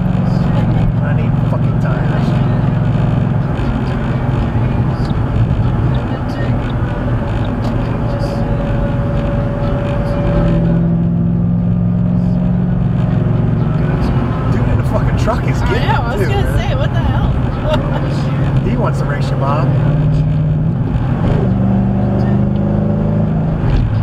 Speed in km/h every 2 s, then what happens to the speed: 114, 109, 106, 101, 100, 100, 113, 108, 98, 93, 95, 105.
0-8 slows to 100. 10-13 speeds up to 113. 13-17 brakes to 93. 17-24 speeds up to 105.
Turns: none.